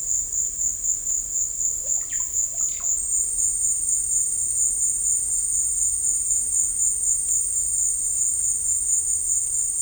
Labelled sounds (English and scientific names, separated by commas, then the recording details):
Russet-backed Oropendola (Psarocolius angustifrons)
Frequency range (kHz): Russet-backed Oropendola (Psarocolius angustifrons) 0.2-5.6 kHz
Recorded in pastures near Puerto Asís, Putumayo, Colombia, on 20 December 2024 at 16:30
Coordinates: 0.496, -76.326
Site G004